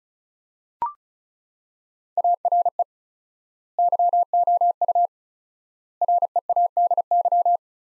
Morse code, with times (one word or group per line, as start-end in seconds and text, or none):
2.2-2.8 ARE
3.8-5.1 YOU
6.0-7.6 READY